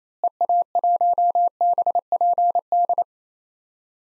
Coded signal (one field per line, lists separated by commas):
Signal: Morse code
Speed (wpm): 27 wpm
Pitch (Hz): 700 Hz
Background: none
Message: EA1BPD